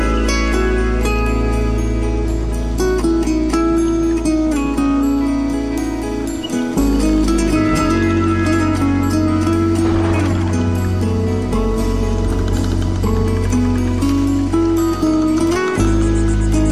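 Smooth jazz plays at an even level throughout, with held chords, a warm bass line and a melody moving over the top. The low end drops out briefly around six and a half seconds and again near sixteen seconds before the groove returns.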